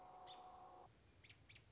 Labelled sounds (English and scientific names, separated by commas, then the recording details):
American Robin (Turdus migratorius)
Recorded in Sonoma County, California